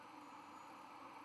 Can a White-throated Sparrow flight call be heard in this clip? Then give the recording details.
no. No flight call is heard. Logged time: 23:47 on 4 November 2014